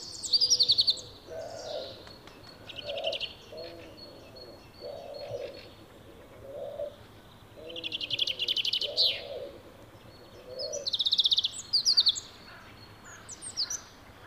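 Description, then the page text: Common chaffinch singing several short bursts of high notes separated by pauses, with a low cooing sound repeating underneath. Wild individual with a highly aberrant repertoire in pre-breeding season; 173 songs of nine types recorded, some elements resembling wren and nuthatch; mostly switches song types between phrases. "Chaffinch Fringilla coelebs. Ornis Fennica"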